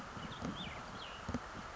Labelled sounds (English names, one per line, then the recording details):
Cassin's Vireo
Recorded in Sonoma County, California